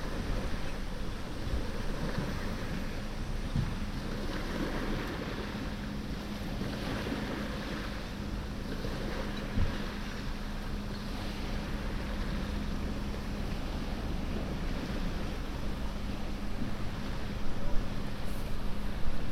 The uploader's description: A binaural field recording, sitting near a light house in Florida.